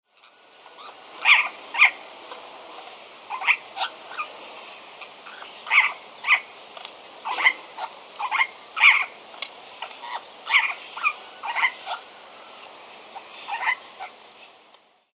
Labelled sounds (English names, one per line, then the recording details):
Regent Parrot
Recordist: Tembrock, Günter
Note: Rufe